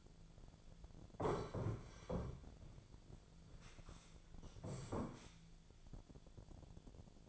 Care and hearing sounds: daily activity, microphone in the room; sit down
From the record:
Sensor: 5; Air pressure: 1008.3 hPa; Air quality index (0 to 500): 152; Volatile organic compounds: 3 ppm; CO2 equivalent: 1468 ppm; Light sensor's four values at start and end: 61/169/66/66 and 61/170/66/67

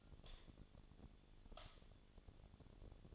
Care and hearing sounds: daily activity, microphone in the room; light on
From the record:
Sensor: 4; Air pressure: 1010.7 hPa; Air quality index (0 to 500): 170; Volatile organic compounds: 5 ppm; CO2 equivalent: 1728 ppm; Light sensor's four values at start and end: 38/110/44/45 and 38/111/44/45

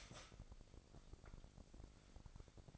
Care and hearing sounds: daily activity, microphone in the room; start toaster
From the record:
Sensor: 5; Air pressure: 1007.3 hPa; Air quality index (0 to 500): 128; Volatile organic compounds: 1 ppm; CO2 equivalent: 970 ppm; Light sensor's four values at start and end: 27/62/26/27 and 27/62/26/27

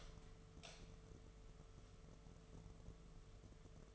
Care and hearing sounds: daily activity, microphone in the room; light on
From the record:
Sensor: 4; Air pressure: 1015.5 hPa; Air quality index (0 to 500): 174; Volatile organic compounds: 7 ppm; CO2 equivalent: 2008 ppm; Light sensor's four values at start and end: 17/39/16/16 and 17/42/17/17

